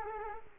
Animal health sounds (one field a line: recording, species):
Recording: mosquito wingbeat signal from an infrared sensor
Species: Culex quinquefasciatus